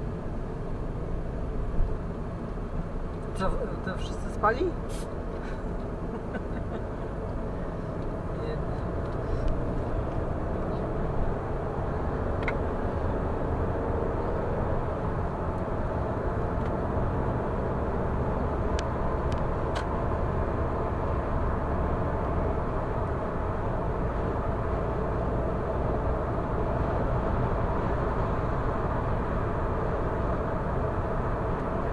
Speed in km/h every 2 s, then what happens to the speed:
45, 48, 52, 56, 63, 73, 82, 90, 93, 97, 100, 101, 102, 104, 105, 105.
0-21 speeds up to 101. 21-32 steady at about 104.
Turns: none.